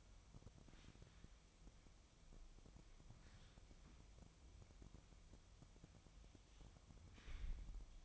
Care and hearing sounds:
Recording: daily activity, microphone in the room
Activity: wipe stove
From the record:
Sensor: 1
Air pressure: 1004.8 hPa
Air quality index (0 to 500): 77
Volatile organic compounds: 2 ppm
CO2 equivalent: 1026 ppm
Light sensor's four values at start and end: 9/23/9/10 and 9/23/9/10

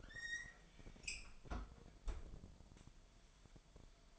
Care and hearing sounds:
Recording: daily activity, microphone in the room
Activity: close fridge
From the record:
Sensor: 5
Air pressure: 1002.1 hPa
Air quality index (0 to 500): 224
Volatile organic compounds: 28 ppm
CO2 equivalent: 2917 ppm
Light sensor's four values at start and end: 10/24/10/11 and 9/22/9/10

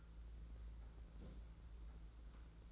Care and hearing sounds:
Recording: daily activity, microphone in the room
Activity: place on stove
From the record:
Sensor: 3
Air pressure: 992.0 hPa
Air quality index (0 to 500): 228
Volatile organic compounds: 1000 ppm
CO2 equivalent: 7843 ppm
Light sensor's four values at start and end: 24/73/30/25 and 24/73/30/25

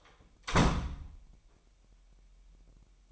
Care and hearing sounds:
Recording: daily activity, microphone in the room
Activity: close door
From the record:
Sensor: 1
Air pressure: 998.5 hPa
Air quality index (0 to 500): 130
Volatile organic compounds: 4 ppm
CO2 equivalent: 1552 ppm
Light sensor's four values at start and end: 19/62/25/26 and 19/63/25/26

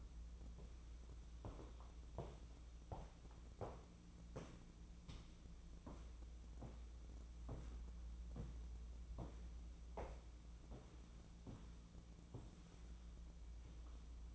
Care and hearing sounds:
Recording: daily activity, microphone in the room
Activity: walk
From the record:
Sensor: 1

